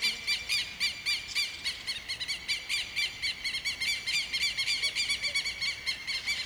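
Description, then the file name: Southern Lapwing calling in rapid, harsh, repeated squealing notes, nearly four a second, continuing throughout. Southern Lapwings calling in a field in the morning. "Quero queros e outros passaros no campo de manha, poucas pessoas, mosca, cachorro longe"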